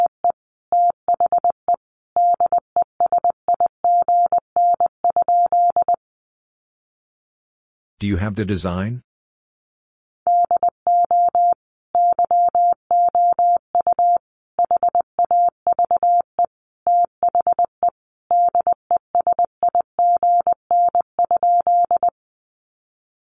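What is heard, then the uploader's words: Words sent in Morse code as a steady mid-pitched tone, keyed in short and long beeps, broken by a brief burst of noise around eight seconds. Sentences from Top 800 Words 20wpm. First, the words are sent in Morse code.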